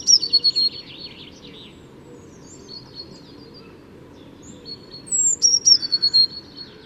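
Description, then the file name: Eurasian blue tit calls: a brief high descending burst at the start, then after a quiet gap a longer series of thin, falling notes, over a low constant hum. "Cyanistes caeruleus"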